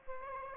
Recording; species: mosquito wingbeat signal from an infrared sensor; Aedes aegypti